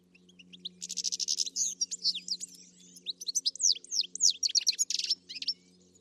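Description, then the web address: Bird twittering, fast run of high chirps and buzzy notes, about four per second, with a steady low hum underneath. "Deverinetal. Bird Only"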